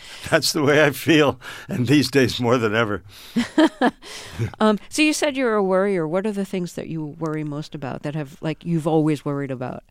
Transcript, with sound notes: That's the way I feel and these days more than ever.
(LAUGHTER)
So you said you're a worrier. What are the things that you worry most about, that have, like, you've always worried about?